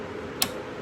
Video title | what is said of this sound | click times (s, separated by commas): C8 corvette Bad News Racing tune - HPtuners unlock - ECM (ecu) removal | there you go. You heard the click, | 0.4 s